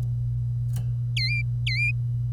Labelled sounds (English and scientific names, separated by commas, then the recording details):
Domestic Canary (Serinus canaria) song
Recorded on 25 April 2018 at 09:42
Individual llb3